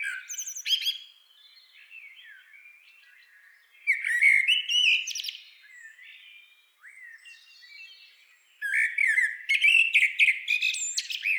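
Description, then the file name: Common blackbird song: fluted phrases, each trailing into thin squeaky twitters, coming in loud bursts every few seconds with quieter warbles between. "Turdus merula"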